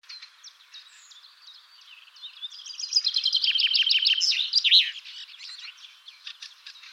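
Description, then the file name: Common chaffinch song: faint high notes build into a rapid trill of bright notes ending in a sharp flourish. "Fringilla coelebs"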